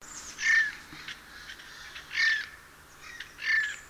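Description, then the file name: Eurasian jay giving harsh, rasping screeches, three loud bursts spaced roughly one and a half seconds apart over a quiet background. "Garrulus glandarius"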